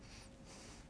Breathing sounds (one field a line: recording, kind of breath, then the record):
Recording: one breath in and out by a microphone near the nose and mouth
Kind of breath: strong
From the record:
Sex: male